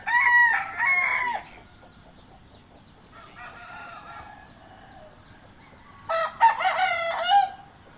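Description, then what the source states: Chicken: rooster crowing: a loud hoarse crow opens, a fainter crow follows in the middle, then another loud ragged crow near the end. Morning cockcrows.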